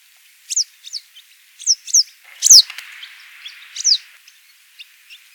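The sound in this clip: Bird calls, high thin notes sweeping downward, given singly and in quick pairs, with a brief buzzy burst in the middle and scattered soft ticks.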